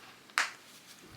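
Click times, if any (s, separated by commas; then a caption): 0.4 s. Two halves of a pressed-on snap fastener on Bottega Veneta towel fabric, being upcycled into a garment, are pushed together. They give a single sharp, bright click at 0.4 s that fades within about a tenth of a second over a quiet background. The snap clicks shut and is seated.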